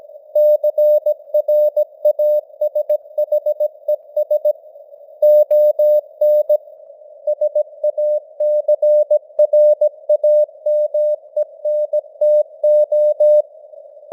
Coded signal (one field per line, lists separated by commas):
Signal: Morse code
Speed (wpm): 17 wpm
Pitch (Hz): 600 Hz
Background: none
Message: CRASHES ON SACRAMENTO